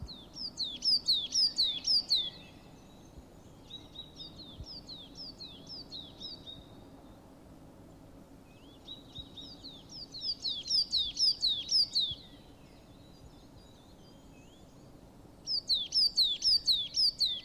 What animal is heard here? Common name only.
Coal Tit